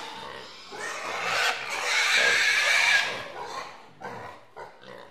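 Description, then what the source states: Pigs squealing and grunting in a dense noisy chorus, with a long loud squeal in the middle and shorter calls after it. Pigs in a pigsty.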